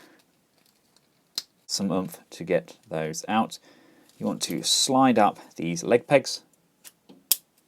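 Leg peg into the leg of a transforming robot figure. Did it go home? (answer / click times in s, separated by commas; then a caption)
yes / 7.3 s. Someone talks while a plastic leg peg is slid up into the leg of a Kubianbao KBB Master Scale Series MSS-D02 R Impact transforming robot figure, a KO of Transformers Masterpiece Thrust. A few faint handling ticks come before a sharp, loud click at 7.3 s as the peg clicks into place and seats.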